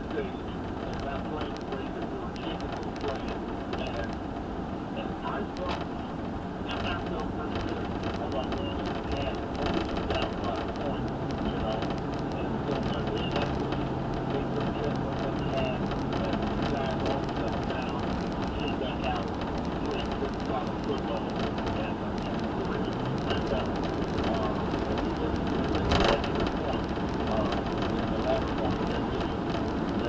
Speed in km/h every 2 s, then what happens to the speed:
85, 85, 85, 89, 92, 95, 98, 101, 103, 105, 105, 106, 108, 109, 109.
0-7 steady at about 85. 7-15 speeds up to 103. 15-30 steady at about 106.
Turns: none.